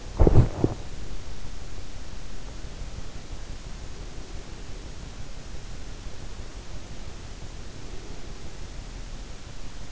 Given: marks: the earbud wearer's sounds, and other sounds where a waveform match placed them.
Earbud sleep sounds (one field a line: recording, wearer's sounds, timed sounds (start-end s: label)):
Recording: sounds in sleep by an in-ear microphone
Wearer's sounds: body movement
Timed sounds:
0.00-1.00 s: body movement